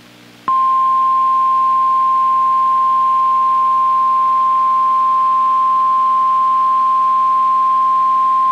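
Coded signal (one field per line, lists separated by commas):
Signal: Emergency Alert System (SAME) tones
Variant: 1050 Hz attention tone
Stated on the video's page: Required Weekly Test from the NWS, received on two NOAA Weather Radio stations.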